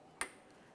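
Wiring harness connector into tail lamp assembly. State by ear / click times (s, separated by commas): seated / 0.2 s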